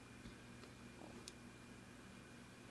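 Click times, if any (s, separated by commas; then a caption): 1.3 s. While the screen is being reattached, the phone screen's digitizer ribbon cable connector is pressed onto its logic board socket. A single sharp click at 1.3 seconds shows it snapping into place, seated like a Lego piece. Otherwise only a faint steady background hum is heard.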